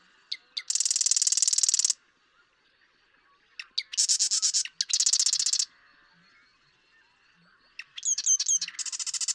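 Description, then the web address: Marsh Wren repeatedly singing: a few sharp ticks then a dense, buzzy rattle lasting about a second, with short silences between songs. "birdsongforthecurious songs Marsh Wren"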